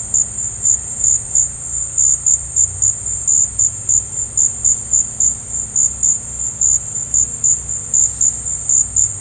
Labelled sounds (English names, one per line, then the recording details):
none
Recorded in dense forest near Puerto Asís, Putumayo, Colombia, on 16 December 2024 at 13:30
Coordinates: 0.468, -76.322
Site G071